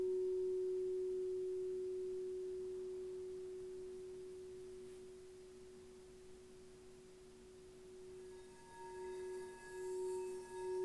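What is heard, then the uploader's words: A singing bowl holds one steady, pure mid-pitched tone that slowly fades over the first seven seconds. Near the eighth second it swells again with a pulsing, wavering beat, and brighter ringing overtones rise above the main note until the end. Heart chakra singing bowl and her vibrations, tones, and sounds.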